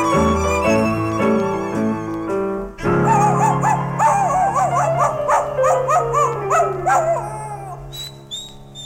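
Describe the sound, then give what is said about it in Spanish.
After a few seconds of steady sustained tones, a small dog with an aching tooth whines and howls in pain at night, a run of wavering, high-pitched cries that rise and fall one after another over a low hum. “Los lamentos del perrito continuaban ya entrada la noche, cuando la luna asomó tras el tejado.”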